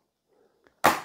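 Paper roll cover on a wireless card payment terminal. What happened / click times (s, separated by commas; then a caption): The plastic cover snapped shut / 0.9 s. After a new paper roll is loaded into a KMC-C600Q wireless card payment terminal, the labeled part of its plastic receipt printer cover is pressed down. After a faint tick at 0.7 s, the cover snaps shut with a sharp, loud click at 0.9 s, and the cover is seated closed.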